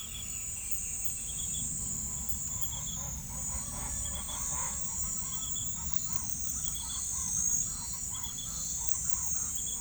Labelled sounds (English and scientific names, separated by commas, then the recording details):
none
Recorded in forest near Pivijay, Magdalena, Colombia, on 4 June 2023 at 18:00
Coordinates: 10.467, -74.380
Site Z5-G034